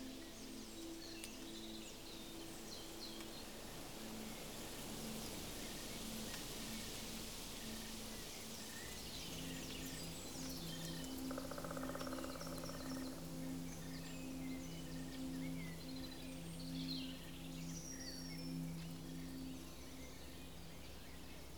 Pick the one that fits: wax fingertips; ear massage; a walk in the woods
a walk in the woods